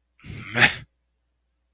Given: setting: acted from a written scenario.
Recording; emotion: vocal sound without words; contempt